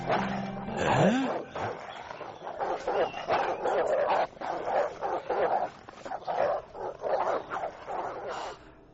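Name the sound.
dogs barking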